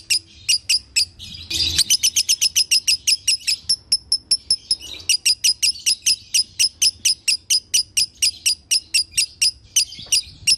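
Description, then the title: Lovebird song made of sharp, high chirps in a fast, even series, with a brief scratchy burst near the start. Lovebird tutor recording in the konslet song style, used to train other lovebirds. "Masteran Lovebird Konslet"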